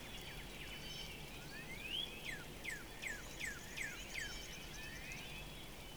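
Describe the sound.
Northern Cardinal song: one upward whistled slur, then several descending slurred whistles repeated roughly every third of a second, other birds faintly behind.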